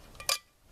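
Squeezing the sides of the plastic folding handle on the insulated lid of a Stanley Mountain Vacuum Coffee System bottle lets it fold down. Faint handling clicks come just before a sharp click at 0.3 s as the handle locks in place, followed by quiet rustling.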